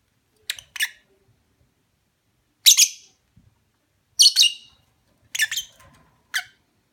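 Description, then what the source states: Lovebird squawks, a quick double chirp first, then louder rasping bursts about every second and a half, and a final sharp note. Mating call.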